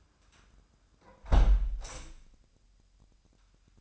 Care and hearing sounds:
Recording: daily activity, microphone in the room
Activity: close window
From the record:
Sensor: 2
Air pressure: 998.3 hPa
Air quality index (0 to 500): 141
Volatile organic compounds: 4 ppm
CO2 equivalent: 1604 ppm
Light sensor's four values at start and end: 8/19/8/9 and 7/18/7/8

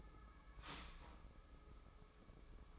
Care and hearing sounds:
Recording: daily activity, microphone in the room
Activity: start toaster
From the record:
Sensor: 1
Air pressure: 995.3 hPa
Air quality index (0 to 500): 25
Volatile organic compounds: 0 ppm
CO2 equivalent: 503 ppm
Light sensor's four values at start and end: 18/58/21/23 and 18/58/21/23

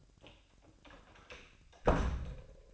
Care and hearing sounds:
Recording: daily activity, microphone in the room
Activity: close door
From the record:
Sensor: 2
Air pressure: 1006.9 hPa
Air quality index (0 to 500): 196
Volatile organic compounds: 13 ppm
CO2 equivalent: 2397 ppm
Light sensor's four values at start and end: 9/23/9/10 and 9/22/9/9

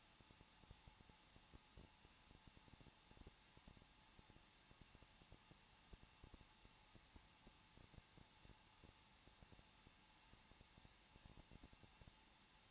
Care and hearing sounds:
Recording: daily activity, microphone in the room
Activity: no activity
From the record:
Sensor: 1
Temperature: 20.1 degrees Celsius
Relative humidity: 39.4%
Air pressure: 1006.4 hPa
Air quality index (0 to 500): 219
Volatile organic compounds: 82 ppm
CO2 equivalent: 3622 ppm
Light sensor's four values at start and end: 1/2/1/1 and 1/2/1/1

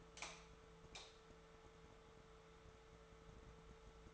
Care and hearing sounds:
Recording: daily activity, microphone in the room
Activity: light on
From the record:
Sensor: 3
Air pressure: 1014.5 hPa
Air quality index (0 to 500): 180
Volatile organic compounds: 18 ppm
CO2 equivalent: 2626 ppm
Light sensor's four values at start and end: 19/48/20/20 and 37/94/40/43

